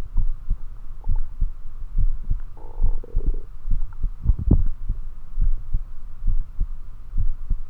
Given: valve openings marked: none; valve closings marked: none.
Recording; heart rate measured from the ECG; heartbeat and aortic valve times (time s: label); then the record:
heart sounds by stethoscope; 69 bpm
0.20 s: heartbeat (ECG mark)
1.11 s: heartbeat (ECG mark)
2.00 s: heartbeat (ECG mark)
2.85 s: heartbeat (ECG mark)
3.73 s: heartbeat (ECG mark)
4.59 s: heartbeat (ECG mark)
5.43 s: heartbeat (ECG mark)
6.29 s: heartbeat (ECG mark)
7.20 s: heartbeat (ECG mark)
From the record:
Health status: healthy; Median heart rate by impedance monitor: 69 bpm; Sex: male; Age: 24 years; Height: 167 cm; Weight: 61 kg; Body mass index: 21.87